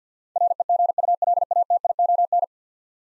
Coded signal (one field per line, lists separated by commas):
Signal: Morse code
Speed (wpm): 50 wpm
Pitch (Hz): 700 Hz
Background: none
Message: REGULATION